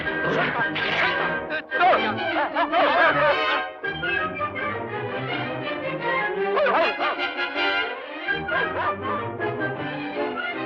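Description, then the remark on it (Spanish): A dog barks and yips repeatedly in loud, sharp bursts, with higher whining yelps mixed in, while voices talk underneath throughout, in a scene from the 1955 film Lady and the Tramp in its original Spanish dub. “¡Perro!”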